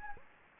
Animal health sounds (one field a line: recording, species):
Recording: mosquito wingbeat signal from an infrared sensor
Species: Anopheles gambiae